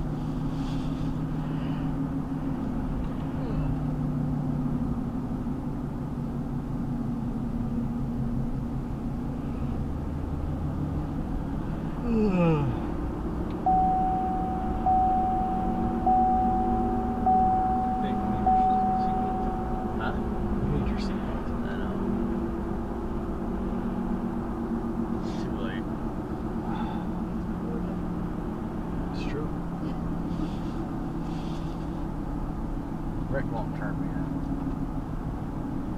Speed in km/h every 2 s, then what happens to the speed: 56, 55, 56, 50, 50, 60, 63, 68, 74, 76, 74, 71, 69, 66, 63, 60, 60, 58.
0-9 slows to 50. 9-17 speeds up to 76. 17-30 slows to 60. 30-36 steady at about 60.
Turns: none.